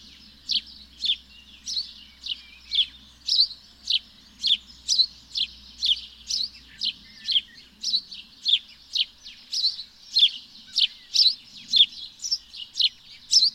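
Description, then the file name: House sparrow calling in a long run of sharp chirps, roughly two per second, with a quiet low hum behind. "Passer domesticus"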